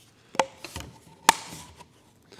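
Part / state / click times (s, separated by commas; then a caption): reed petal block into motorcycle reed valve cage / seated / 1.3 s. A reed petal block fitted with new Moto Tassinari VForce R4 reed petals is pressed and tapped into the reed valve cage of a 2023 Beta 125 Race Edition 2-stroke motorcycle. A sharp tap at 0.4 s and a few softer knocks around 0.7–0.8 s come first, then a loud, bright snap at 1.3 s rings briefly as the block seats home.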